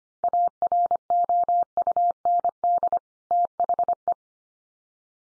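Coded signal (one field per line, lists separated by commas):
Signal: Morse code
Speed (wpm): 25 wpm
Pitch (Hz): 700 Hz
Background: none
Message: AROUND THE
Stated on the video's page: Head-copy drill of common two-word groups sent at 25 wpm, each sent, then spoken, then sent again.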